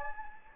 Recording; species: mosquito wingbeat signal from an infrared sensor; Anopheles gambiae